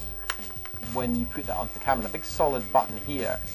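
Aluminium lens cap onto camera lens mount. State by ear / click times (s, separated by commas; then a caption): seated / 0.3 s. A milled aluminium lens cap is fitted onto a camera's lens mount and snaps into place with a sharp click at 0.3 s, followed by a fainter tick around 0.6 s. Someone talks throughout, with faint music underneath. The cap is seated on the mount.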